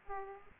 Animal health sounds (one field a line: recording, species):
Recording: mosquito wingbeat signal from an infrared sensor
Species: Aedes aegypti